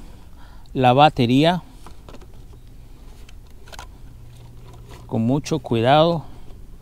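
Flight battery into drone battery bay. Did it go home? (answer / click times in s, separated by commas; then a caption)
no / none. A flight battery is slid carefully into the battery bay of a FLYWING FW450L V3 drone while someone talks at the start and end. Between about 1.9 and 3.8 seconds there are a few faint, short handling taps over a low hum. The battery has not seated or clicked yet.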